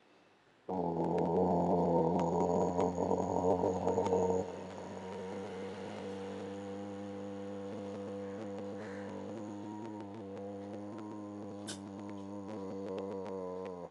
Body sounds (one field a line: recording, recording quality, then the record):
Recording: sustained vowel as in boot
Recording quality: excellent, no background noise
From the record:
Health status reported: healthy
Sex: male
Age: 57 years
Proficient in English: yes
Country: India